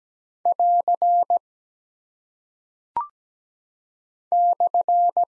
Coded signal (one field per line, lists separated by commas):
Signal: Morse code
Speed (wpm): 17 wpm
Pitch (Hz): 700 Hz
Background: none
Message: <AR> /